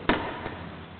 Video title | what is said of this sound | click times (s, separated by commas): Pemeliiharaan Sistem Bahan Bakar Elektronik | Ayo kita tekan Sampai bunyi klik kemudian | 0.1 s